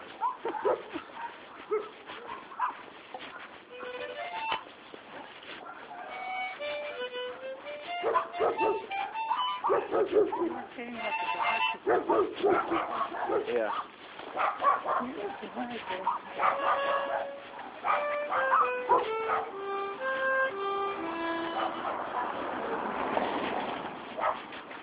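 Several dogs in a kennel bark and whimper over one another for the whole stretch, high, wavering whines and yelps mixing with sharper barks in a steady, restless chorus.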